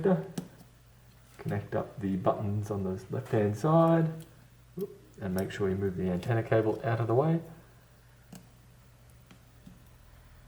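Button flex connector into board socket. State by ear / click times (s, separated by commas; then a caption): not seated / none. Someone talks while handling the left-side button flex connector of a Nokia 2.1 during a screen replacement, with the antenna cable moved out of the way before the connector is pressed onto its board socket. After the talking stops, two faint light ticks are heard near 8.3 s and 9.3 s over a quiet background. Nothing has seated or clicked into place yet.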